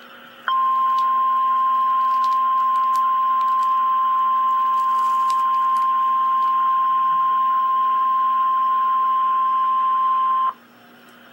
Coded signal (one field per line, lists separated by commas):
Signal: Emergency Alert System (SAME) tones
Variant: 1050 Hz attention tone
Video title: REAL EAS 648-Severe thunderstorm watch